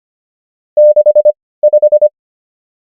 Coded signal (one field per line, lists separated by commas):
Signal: Morse code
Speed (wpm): 25 wpm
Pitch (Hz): 600 Hz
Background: none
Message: 6 5